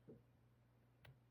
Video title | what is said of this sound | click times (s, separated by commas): Quick Tip - How to Swap/Remove Bands on Apple Watch | There we go. It clipped in. | 1.1 s